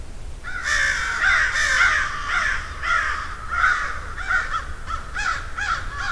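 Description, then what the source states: Crows giving rasping caws in quick succession, several birds overlapping, the calls getting shorter and choppier toward the end. Field recording of a murder (flock) of crows.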